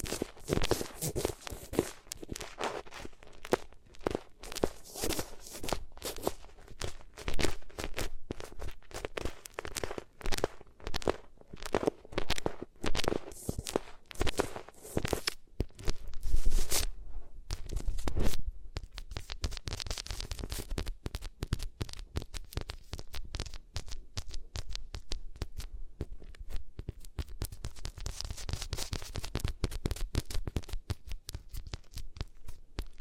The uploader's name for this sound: Rubbing Your Ears on Different Materials